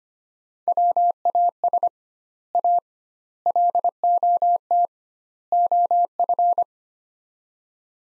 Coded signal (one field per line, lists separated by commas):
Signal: Morse code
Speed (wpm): 25 wpm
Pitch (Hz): 700 Hz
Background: none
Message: WAS A LOT OF